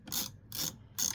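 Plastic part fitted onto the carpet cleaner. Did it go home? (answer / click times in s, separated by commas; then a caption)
no / none. A plastic part is pushed onto a Bissell Little Green carpet cleaner, giving three bursts of bright, rasping ratchet-like clicking at about 0.1–0.3, 0.5–0.7 and 1.0–1.2 seconds over a low background rumble. The part feels flimsy and may be meant to flex so it does not snap. Nothing has seated yet when the clip ends.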